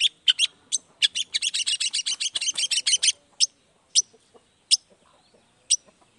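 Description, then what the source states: Long-tailed shrike song: sharp high chirps, then a fast burst of rapid repeated notes for about two seconds, followed by spaced single chirps. Cendet in full 'gacor' song in the morning with 'toet toet' sound variation, played to make other shrikes respond quickly.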